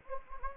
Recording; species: mosquito wingbeat signal from an infrared sensor; Anopheles gambiae